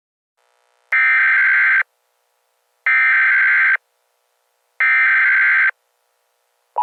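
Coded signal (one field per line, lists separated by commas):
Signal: Emergency Alert System (SAME) tones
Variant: header bursts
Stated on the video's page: Fictional EAS scenario, not a real alert.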